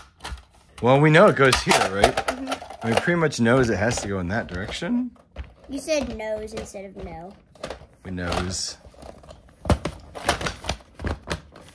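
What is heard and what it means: A plastic playset part is handled near its spot on a toy arena base during assembly of a Hot Wheels Monster Trucks Arena Smashers Ultimate Crush Yard playset, with the part needing to go in a set direction. People talk throughout, with a few short sharp plastic knocks near the end. Nothing has seated or clicked yet.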